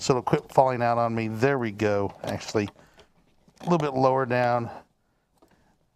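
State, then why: Not seated. A small toy microscope is pressed back into its molded holder in a science kit case so it will stop falling out, aimed a little lower down. Someone talks for most of the clip, then only two faint handling taps are heard around 5.4 s. Nothing has snapped into place yet, and the microscope does not seat.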